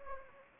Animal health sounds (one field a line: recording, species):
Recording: mosquito wingbeat signal from an infrared sensor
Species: Anopheles gambiae